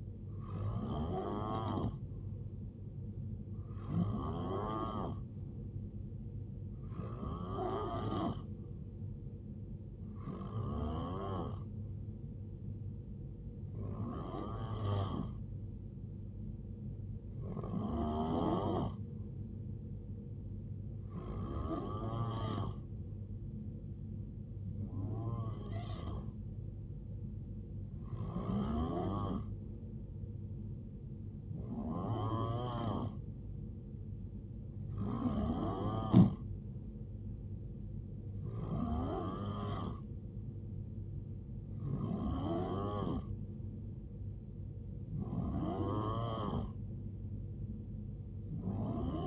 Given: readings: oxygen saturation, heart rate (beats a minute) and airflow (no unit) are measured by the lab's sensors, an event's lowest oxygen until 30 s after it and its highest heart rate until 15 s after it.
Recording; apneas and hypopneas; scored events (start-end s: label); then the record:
breathing in sleep by a smartphone at the bedside; none
none scored
From the record:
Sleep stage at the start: N3 (deep sleep); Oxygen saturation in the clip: 90 to 91%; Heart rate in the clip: 65 to 79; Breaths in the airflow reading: 14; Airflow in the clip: -8.6 to 4.9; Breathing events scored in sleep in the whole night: 389 in 6.3 hours asleep